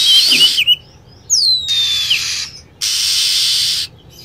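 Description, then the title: Lovebird calls: shrill whistled notes sweeping downward, alternating with loud bursts of steady hissing noise about a second long. Lure call for attracting lovebirds. "PIKAT BURUNG LOVEBIRD"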